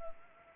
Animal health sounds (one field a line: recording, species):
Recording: mosquito wingbeat signal from an infrared sensor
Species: Anopheles arabiensis